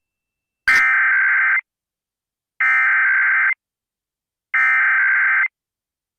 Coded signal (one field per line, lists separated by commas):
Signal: Emergency Alert System (SAME) tones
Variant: header bursts